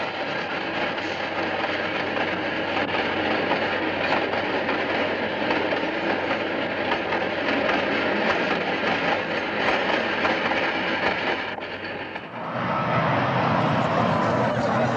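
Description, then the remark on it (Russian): A long-distance passenger train rushes past, a steady loud roar of wheels and rattling cars that briefly dips around twelve seconds before the rumble returns. “Мелькают вагоны проезжающего поезда дальнего следования.”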